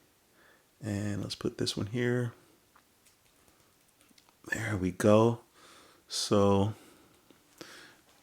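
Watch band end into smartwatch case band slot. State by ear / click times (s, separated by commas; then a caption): seated / 7.6 s. Someone talks while sliding a watch band end into the band slot on an Apple Watch Series 5 case during unboxing. A sharp, short click is heard at 7.6 s as the band seats in the slot. Right after, the band turns out to be on the wrong way round and is taken out again.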